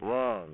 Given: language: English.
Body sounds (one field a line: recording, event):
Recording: throat vibration sensor signal played as sound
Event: speech